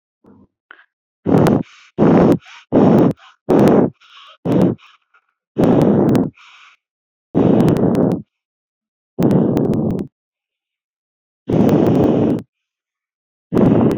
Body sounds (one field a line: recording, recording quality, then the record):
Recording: deep breathing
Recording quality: excellent, no background noise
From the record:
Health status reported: healthy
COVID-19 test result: not tested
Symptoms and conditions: none ticked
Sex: female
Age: 33 years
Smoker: not ticked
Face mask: not worn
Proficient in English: yes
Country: India